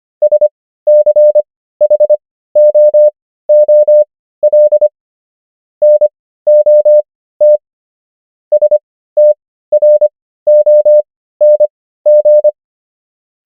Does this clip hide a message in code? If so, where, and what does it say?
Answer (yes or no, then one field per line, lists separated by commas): yes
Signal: Morse code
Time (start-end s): 0.2-12.5 s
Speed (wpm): 25 wpm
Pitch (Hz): 600 Hz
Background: none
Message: SCHOOL NOT STRONG